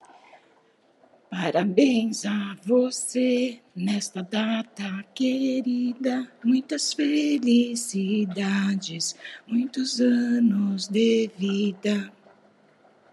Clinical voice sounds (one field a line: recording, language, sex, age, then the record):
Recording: short text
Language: Brazilian Portuguese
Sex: female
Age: 50 to 59 years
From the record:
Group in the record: control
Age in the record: 56 years